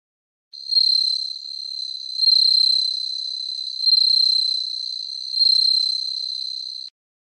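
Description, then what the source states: Bell cricket song: a high, pure ringing trill held steadily, swelling and fading in four even bursts about every one and a half seconds, with no other sounds. Autumn insect, played as number 3 in a sound quiz.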